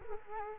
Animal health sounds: mosquito wingbeat signal from an infrared sensor; Culex quinquefasciatus

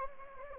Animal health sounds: mosquito wingbeat signal from an infrared sensor; Anopheles gambiae

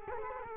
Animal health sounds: mosquito wingbeat signal from an infrared sensor; Culex quinquefasciatus

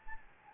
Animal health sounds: mosquito wingbeat signal from an infrared sensor; Anopheles gambiae

